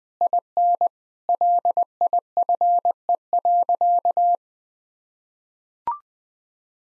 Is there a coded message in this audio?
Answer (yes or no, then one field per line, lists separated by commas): yes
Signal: Morse code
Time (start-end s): 0.2-4.3 s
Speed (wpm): 20 wpm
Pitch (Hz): 700 Hz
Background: none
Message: IN LIFE.